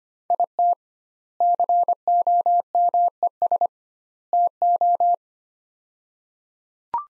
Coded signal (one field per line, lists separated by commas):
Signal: Morse code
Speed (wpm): 25 wpm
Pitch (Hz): 700 Hz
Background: none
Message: IT COMES TO